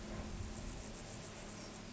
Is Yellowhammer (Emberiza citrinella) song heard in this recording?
no